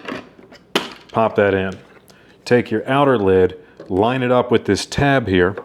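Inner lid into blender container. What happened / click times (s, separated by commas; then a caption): The plastic lid snapped into place / 0.8 s. An inner lid is pressed into a blender container, with a sharp snap at 0.8 s as it pops into place and is seated. Someone talks before and after the snap.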